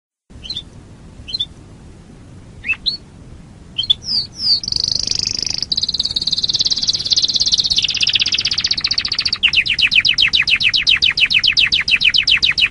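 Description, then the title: Canary song: scattered soft chips, then slurred whistles leading into a long buzzy high trill that changes into a slower, evenly pulsed trill. "Kenari"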